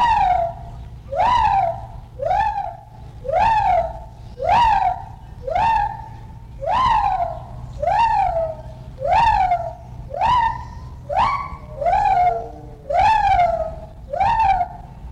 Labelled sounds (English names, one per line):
Lar Gibbon